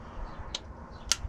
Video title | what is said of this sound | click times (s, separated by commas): Speed Sensor replacement on peterbilt | it snaps into place | 1.1 s